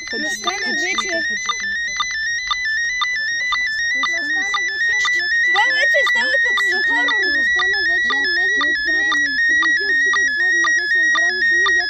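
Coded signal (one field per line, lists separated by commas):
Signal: SSTV (slow-scan television)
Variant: PD 120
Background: speech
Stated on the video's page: SSTV images used in a children's code-labyrinth game run by a radio club, decoded as a puzzle task.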